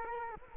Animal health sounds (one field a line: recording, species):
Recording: mosquito wingbeat signal from an infrared sensor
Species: Culex quinquefasciatus